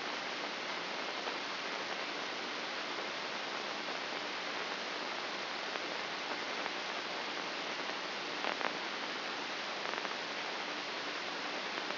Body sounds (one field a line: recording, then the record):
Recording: brain microelectrode recording played as sound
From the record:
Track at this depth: inside the subthalamic nucleus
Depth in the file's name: 4.829 mm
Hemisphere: left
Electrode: 2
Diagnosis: Parkinson's disease